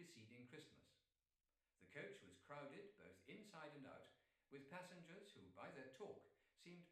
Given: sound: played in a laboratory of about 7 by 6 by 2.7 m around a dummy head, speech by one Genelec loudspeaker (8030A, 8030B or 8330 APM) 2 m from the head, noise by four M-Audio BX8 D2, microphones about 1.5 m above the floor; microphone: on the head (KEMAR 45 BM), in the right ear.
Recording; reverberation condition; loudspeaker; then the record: male speech in English; medium; 150 degrees to the right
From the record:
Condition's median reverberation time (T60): about 510 ms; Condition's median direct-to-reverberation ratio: about -0.5 dB